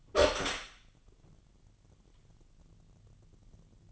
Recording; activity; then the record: daily activity, microphone in the room; open door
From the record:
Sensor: 4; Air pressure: 999.2 hPa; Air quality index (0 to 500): 116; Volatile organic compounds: 2 ppm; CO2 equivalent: 1144 ppm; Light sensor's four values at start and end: 13/31/12/13 and 13/34/13/15